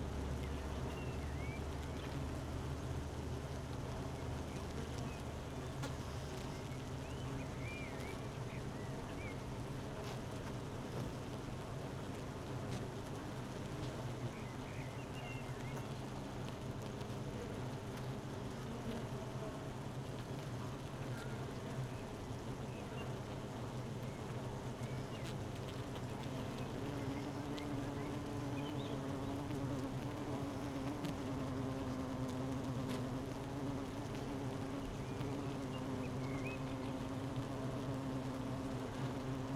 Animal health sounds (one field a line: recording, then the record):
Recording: honeybee colony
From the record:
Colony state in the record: missing queen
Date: 31 May 2018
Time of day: 12:04